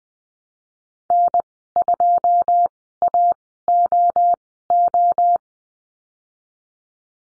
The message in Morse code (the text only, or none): N2AOO